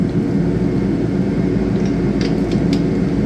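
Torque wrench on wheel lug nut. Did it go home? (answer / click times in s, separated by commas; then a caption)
yes / 2.2 s, 2.7 s. A click-type torque wrench tightens a wheel lug nut on a KIA after a brake job with new pads, calipers and rotors, over a steady low rumble. The wrench gives two sharp clicks at 2.2 s and 2.7 s, showing it has reached its torque setting.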